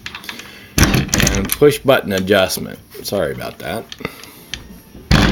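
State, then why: Not seated. A push-button adjustable part with a locking ring on an AR-50 A1 rifle is handled while someone talks, with sharp metallic taps and handling knocks between the words. The adjustment is moved toward its locked position, but nothing has seated or clicked into place yet.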